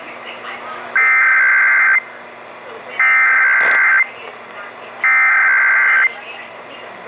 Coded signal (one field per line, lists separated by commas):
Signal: Emergency Alert System (SAME) tones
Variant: header bursts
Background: speech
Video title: EAS #32: National Periodic Test - August 11, 2021 2:20 PM EDT (WWVA-AM, WTRF-CBS)